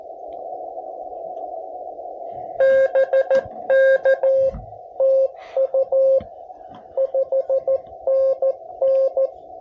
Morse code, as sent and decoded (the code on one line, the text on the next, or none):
-... -.- / - ..- / ..... -. -.
BK TU 5NN